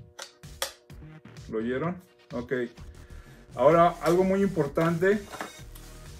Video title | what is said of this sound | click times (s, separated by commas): Review de Cuchillos | lo metemos se da un clic característico escuchen leyeron | 0.6 s